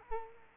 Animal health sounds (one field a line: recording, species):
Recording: mosquito wingbeat signal from an infrared sensor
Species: Culex quinquefasciatus